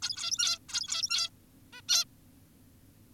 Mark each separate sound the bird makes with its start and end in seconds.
0.03-0.59, 0.69-1.30, 1.73-1.81, 1.89-2.05